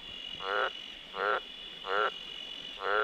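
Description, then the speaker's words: Australian green tree frog croaking: four short, rasping, pulsed notes, one roughly every three-quarters of a second. Big, chunky green frog that can live more than 30 years; more likely to be seen than heard. "This is the sound of a green tree frog, by the way."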